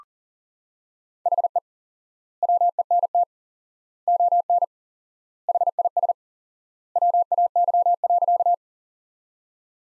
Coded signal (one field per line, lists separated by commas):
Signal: Morse code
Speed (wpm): 40 wpm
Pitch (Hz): 700 Hz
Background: none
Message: HE WENT ON HIS WAY.